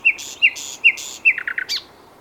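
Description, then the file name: Common nightingale song phrase: four sharp descending whistled notes at even spacing, then quick stuttered notes and a high flourish. "Luscinia megarhynchos"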